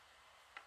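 A bobbin is popped into the bobbin case of a sewing machine, with a steady faint hiss until a single short, sharp click at 0.6 s. The bobbin snaps under and is seated.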